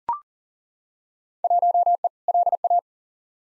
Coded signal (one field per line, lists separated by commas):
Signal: Morse code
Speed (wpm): 37 wpm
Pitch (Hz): 700 Hz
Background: none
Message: 1E LA